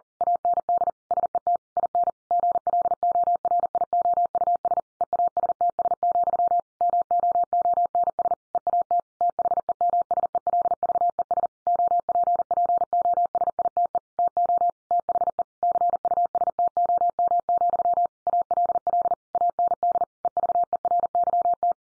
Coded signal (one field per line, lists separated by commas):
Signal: Morse code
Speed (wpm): 40 wpm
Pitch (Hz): 700 Hz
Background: none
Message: AND SET IN GLORIOUS EASTS, MOONS EAT THEMSELVES OPPOSITE TO THE CUSTOM, ALL AND EVERYT